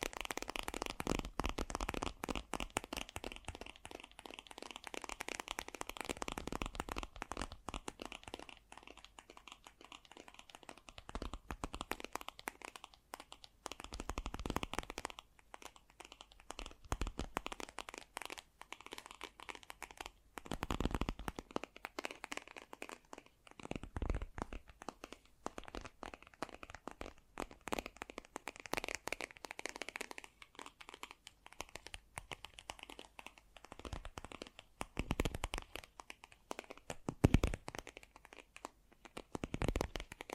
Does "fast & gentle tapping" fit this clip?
yes